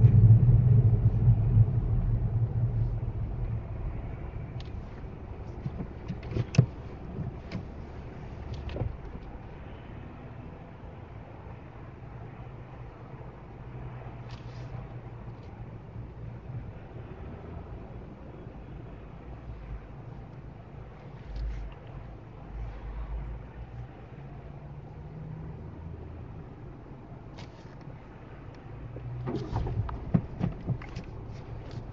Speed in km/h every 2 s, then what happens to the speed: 6, 0, 0, 0, 0, 0, 0, 0, 0, 0, 0, 0, 0, 0, 0, 0.
0-2 slows to 0. 2-32 standing.